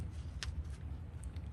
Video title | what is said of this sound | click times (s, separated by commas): How to setup & breakdown a Class C on full hookups!!! - Why Not RV: Ep 55 | and it just clicks right on it's just a little little tiny turn | 0.4 s